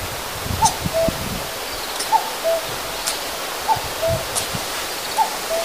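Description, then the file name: Common cuckoo calling its two-note cu-coo, a higher note dropping to a lower one, repeated about every one and a half seconds, with faint high bird calls behind. "kakko"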